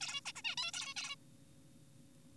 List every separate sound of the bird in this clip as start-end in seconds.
0.01-0.21, 0.26-0.32, 0.36-0.42, 0.45-0.56, 0.57-0.71, 0.73-0.94, 0.96-1.16